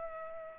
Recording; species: mosquito wingbeat signal from an infrared sensor; Culex pipiens